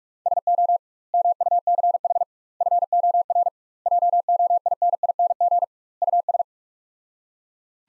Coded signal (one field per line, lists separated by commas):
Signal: Morse code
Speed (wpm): 46 wpm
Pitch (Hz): 700 Hz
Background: none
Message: SO MUCH FOR JOINING US